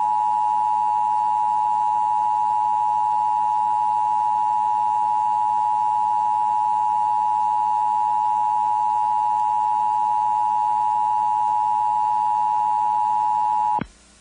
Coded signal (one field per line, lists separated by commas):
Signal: Emergency Alert System (SAME) tones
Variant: 853 and 960 Hz attention tone